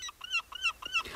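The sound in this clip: Gull calling: a rapid series of several nasal yelping notes at an even pace.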